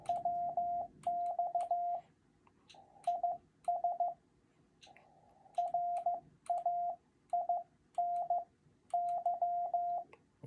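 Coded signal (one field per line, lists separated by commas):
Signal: Morse code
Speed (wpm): 15 wpm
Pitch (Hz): 700 Hz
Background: radio noise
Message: WX IS RAINY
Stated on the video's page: Morse illustrating what is copied and sent in a basic CW contact.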